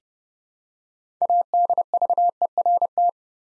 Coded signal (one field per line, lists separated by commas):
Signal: Morse code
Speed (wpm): 30 wpm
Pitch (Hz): 700 Hz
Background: none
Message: ADVERT